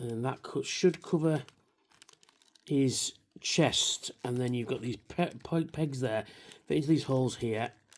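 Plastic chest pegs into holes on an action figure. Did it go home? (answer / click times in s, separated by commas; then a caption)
no / none. Someone talks while transforming a plastic Transformers Legacy Blitzwing action figure, lining up its chest pegs with their matching holes to close the chest section. During a pause in the talk, a few faint, quick plastic taps and handling sounds are heard. Nothing has seated or clicked into place yet.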